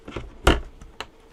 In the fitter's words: Locked in. Let's do the other one.